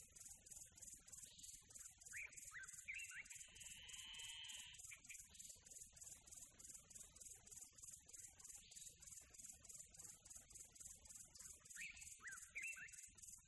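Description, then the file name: Tropical birds calling, with a few warbled and whistled phrases scattered through, over a steady, rapidly pulsing insect chorus. Quiet tropical nature ambience. "smartsound. Quiet Tropical Birds Atmo"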